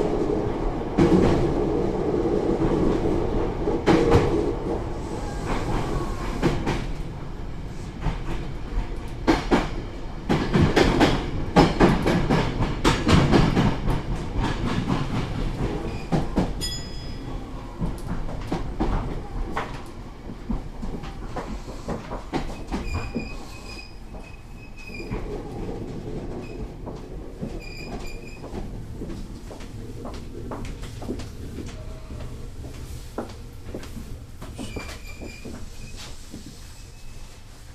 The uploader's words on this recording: Tsurumi Line 205 Type, Asano to Ohgimachi. This is the Tsurumi Line of JR East, which runs in the Keihin industrial area of Tokyo. 平日の日中に乗車したのでほぼ貸し切り状態でした. ZOOM H2.